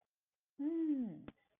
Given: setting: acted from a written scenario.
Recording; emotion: vocal sound without words; romantic love